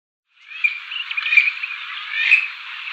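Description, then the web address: Purple swamphen call: one sustained harsh, nasal screech lasting over two seconds, wavering and rasping throughout, with no other sounds. "Schulze Peter Purple Swamphen"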